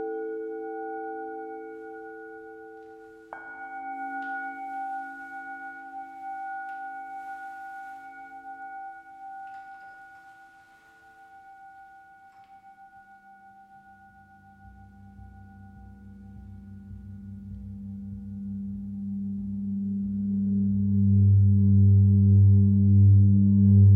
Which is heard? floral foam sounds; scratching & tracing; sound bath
sound bath